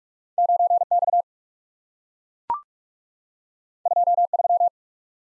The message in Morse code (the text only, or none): 9 X 2 3